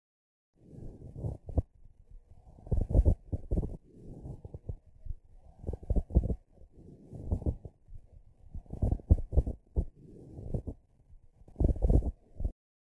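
Low-pitched, grating, creaking bursts recur with each breath, in both inspiration and expiration, over roughly four breath cycles, heard through the stethoscope diaphragm on the chest. This is a pleural friction rub, also heard over the axillae: friction between the visceral and parietal pleura from inflammation in pleuritis or a pleural tumor such as mesothelioma; firmer diaphragm pressure amplifies it, as it lies close to the surface.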